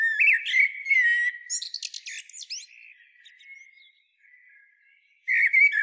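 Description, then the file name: Common blackbird singing a long phrase of mellow whistles turning into high buzzy twittering, a soft trailing warble, then another loud phrase beginning. "Turdus merula"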